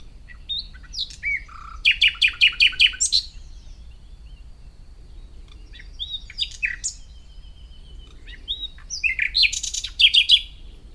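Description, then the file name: Common nightingale singing bursts of fast, dry repeated notes separated by pauses, with scattered chirps and short whistled phrases between. "Luscinia megarhynchos"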